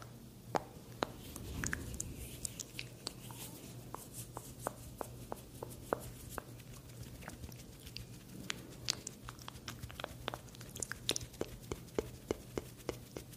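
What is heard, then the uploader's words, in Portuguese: Close mouth sounds and soft scalp-scratching, with frequent sharp clicks and smacks over a low steady hum. ASMR repleto de sons de boca e cafuné nos seus ouvidos bem de pertinho.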